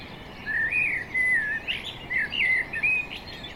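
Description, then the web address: Common blackbird singing, with smooth slurred whistles rising and falling in loose phrases. Thin high notes sound faintly above, and a soft hiss runs underneath. "SETE data Turdus merula"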